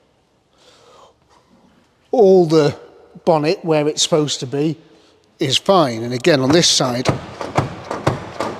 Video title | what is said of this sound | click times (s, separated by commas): ABANDONED 1978 Daimler Sovereign 4.2 - Will It RUN & DRIVE 200 Miles?! | it's not latching. | none